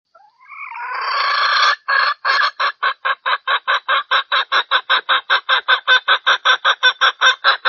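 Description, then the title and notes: Junglefowl clucking call: a drawn-out squawk, then a fast, steady series of sharp clucks. Female junglefowl call used as a lure to attract males; said to draw dozens of males within two minutes. "Panggilan Ayam Hutan Betina. Cukup dua menit dengan suara ayam hutan betina bikin point puluhan pejantan. Pemikat Ayam Hutan"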